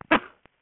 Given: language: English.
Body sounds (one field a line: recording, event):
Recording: throat vibration sensor signal played as sound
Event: cough